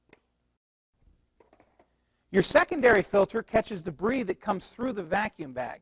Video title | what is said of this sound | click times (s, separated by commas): Windsor Sensor S and Sensor XP Commercial Vacuums | slide and then click into place | 0.1 s